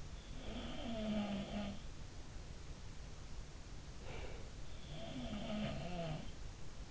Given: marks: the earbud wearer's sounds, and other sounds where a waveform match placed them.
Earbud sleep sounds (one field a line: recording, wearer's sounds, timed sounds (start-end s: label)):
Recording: sounds in sleep by an in-ear microphone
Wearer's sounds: breath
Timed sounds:
0.37-2.01 s: sound from someone else or the room
3.89-4.55 s: breath
4.70-6.32 s: sound from someone else or the room